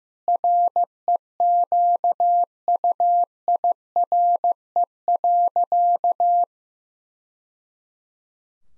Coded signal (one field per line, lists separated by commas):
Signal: Morse code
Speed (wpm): 15 wpm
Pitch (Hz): 700 Hz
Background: none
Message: REQUIRE.